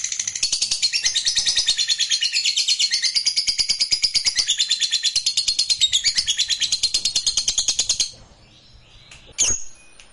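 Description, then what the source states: Lovebird singing a fast, continuous, shrill twittering chatter for eight seconds, stopping abruptly, followed by one short sharp chirp. Fighter-type lovebird, singing energetically (gacor).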